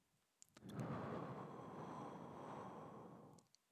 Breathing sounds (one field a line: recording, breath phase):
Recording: one breath near a microphone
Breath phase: exhalation